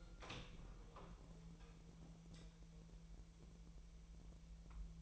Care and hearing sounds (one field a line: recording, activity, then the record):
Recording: daily activity, microphone in the room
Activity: open door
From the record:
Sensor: 1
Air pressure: 1001.4 hPa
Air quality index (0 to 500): 250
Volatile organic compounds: 135 ppm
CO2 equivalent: 3952 ppm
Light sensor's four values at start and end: 12/29/12/13 and 13/30/12/14